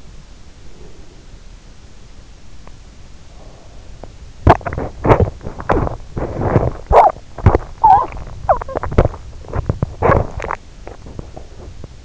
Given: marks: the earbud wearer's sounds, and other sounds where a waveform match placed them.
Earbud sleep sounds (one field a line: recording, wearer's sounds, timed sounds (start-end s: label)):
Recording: sounds in sleep by an in-ear microphone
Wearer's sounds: breath, teeth grinding, talking in sleep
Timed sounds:
0.45-1.51 s: breath
2.58-12.05 s: teeth grinding
6.73-10.30 s: talking in sleep